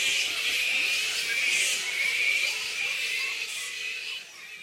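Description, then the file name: Black flying fox colony giving shrill, overlapping squeaks in a steady chattering wash that grows quieter toward the end. A colony of black fruit bats squeaking. "black fruit bats -pteropus alecto colony squeaks"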